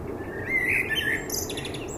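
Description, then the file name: Common blackbird song: a short, clear, flute-like warble, then a burst of high, squeaky twittering notes. "Turdus merula"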